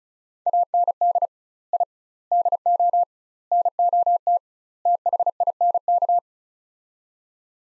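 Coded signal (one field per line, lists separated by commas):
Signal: Morse code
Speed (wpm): 36 wpm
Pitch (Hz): 700 Hz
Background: none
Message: AND I DO NOT THINK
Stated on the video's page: Morse practice of five-word sets at 35 wpm with 2x word spacing, a word-level Farnsworth-like method for head-copying.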